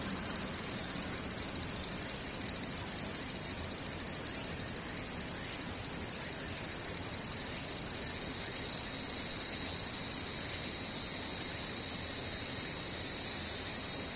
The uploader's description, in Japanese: セミムシ